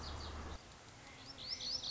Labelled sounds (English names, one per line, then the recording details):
Lazuli Bunting
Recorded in Sonoma County, California